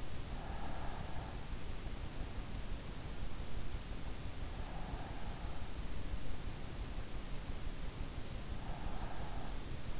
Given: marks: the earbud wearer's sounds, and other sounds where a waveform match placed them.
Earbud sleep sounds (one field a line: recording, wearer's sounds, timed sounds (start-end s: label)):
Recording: sounds in sleep by an in-ear microphone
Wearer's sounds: breath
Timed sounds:
0.00-1.59 s: breath
4.39-5.65 s: breath
8.62-9.77 s: breath